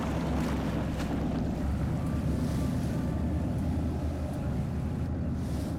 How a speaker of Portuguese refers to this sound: Enquanto aquele desgraçado respira à vontade, eu estou preso aqui vomitando sem parar nesse maldito barco.